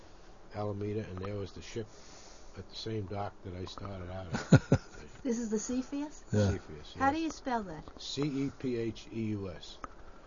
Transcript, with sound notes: Alameda, and there was the ship at the same dock that I started out at. (he laughs)
This is the Cepheus?
Yeah.
Cepheus, yeah.
How do you spell that?
C-E-P-H-E-U-S.